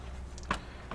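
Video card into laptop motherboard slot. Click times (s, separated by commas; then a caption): 0.5 s. A new laptop video card, a circuit board, is lined up with its connector and pressed down into the laptop motherboard slot until it snaps in, with a sharp click at 0.5 s. Faint high ticks come just before it, around 0.4 s, and a softer click follows at 0.9 s over a steady low hum. The card is seated in its slot.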